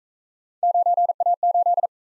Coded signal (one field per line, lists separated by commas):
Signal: Morse code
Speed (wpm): 43 wpm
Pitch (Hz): 700 Hz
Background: none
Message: 9A8